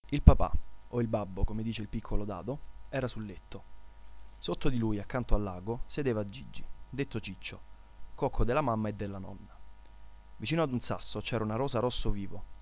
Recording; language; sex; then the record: read passage; Italian; male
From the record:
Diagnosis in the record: healthy control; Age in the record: 20 years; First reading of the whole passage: 40 s, 12.9 characters per second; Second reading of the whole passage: 40 s, 12.9 characters per second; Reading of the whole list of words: 47 s, 6.0 characters per second